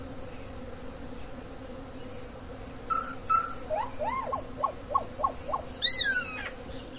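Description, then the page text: Solitary black cacique: a varied series of whistled notes, then a run of short hooked notes in quick succession, ending in a burst of high chatter over a steady low hum. Adult female, recorded 23 August 2023 in Parque Nacional Río Pilcomayo, Formosa, Argentina. "Boyero Negro (Cacicus solitarius) - EcoRegistros. Guillermo Menéndez"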